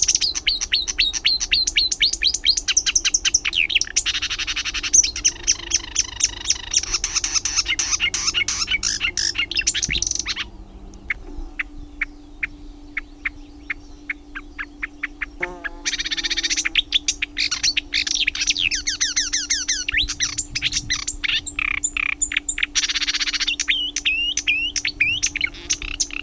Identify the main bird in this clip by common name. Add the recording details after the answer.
Marsh Warbler. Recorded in the wild. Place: Anhauser Weiher, DE. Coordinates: 48.8458, 10.6578. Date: 1970-06-06. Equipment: Uher Report 4200, AKG D190C in Doppel-Parabolreflektor. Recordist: Krey, Winfried